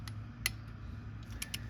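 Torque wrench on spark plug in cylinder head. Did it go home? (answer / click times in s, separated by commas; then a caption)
yes / 0.5 s. A click-type torque wrench set to 13 ft-lb tightens a spark plug in the cylinder head of a 1996–2002 Toyota 4Runner 5VZFE. A few faint ticks are heard over a low steady hum, and the wrench gives a sharp metallic click at 0.5 s, confirming the plug is torqued to spec.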